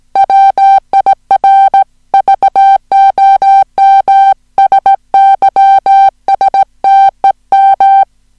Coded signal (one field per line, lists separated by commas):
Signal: Morse code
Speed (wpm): 17 wpm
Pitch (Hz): 780 Hz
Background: music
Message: WIR VOM SYSTEM